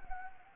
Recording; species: mosquito wingbeat signal from an infrared sensor; Anopheles gambiae